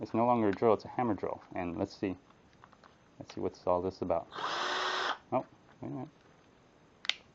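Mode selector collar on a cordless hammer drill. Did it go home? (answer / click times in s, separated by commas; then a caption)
yes / 7.0 s, 7.1 s. Someone talks while turning the mode selector collar on an 18-volt cordless 1/2-inch variable-speed hammer drill from drill to hammer mode, with a brief broadband noise burst midway. The collar then snaps into the hammer position with a sharp double click at about 7.1 s, and the drill is set to hammer.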